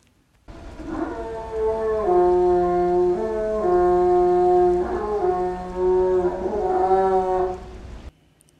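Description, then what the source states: Northern elephant seal call: one long harmonic call of about seven seconds, shifting in steps between pitches. Female northern elephant seal; in-air vocalization recorded in 2001.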